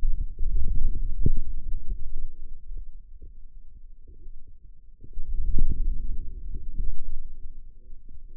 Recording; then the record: forearm muscle sounds (acoustic myography)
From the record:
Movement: wrist extension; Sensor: system 2, bracelet of six BSWA MPA416 microphones around the upper forearm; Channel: 6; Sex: female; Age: 21 years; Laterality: right